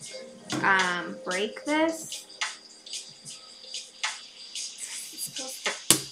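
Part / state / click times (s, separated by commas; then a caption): plastic building-set piece into a piranha plant model / seated / 5.9 s. A plastic building-set piece is pressed into a piranha plant model; it is supposed to click in place, and there is worry it might break. Someone talks over a run of small taps and presses, then a sharp, loud click at 5.9 seconds. The piece seats in place.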